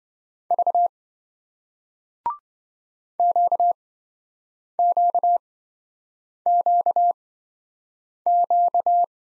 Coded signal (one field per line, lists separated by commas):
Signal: Morse code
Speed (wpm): 27 wpm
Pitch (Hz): 700 Hz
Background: none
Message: V QQQQ